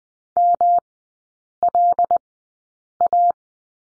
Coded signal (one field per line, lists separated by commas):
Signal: Morse code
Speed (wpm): 20 wpm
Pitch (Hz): 700 Hz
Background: none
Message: MLA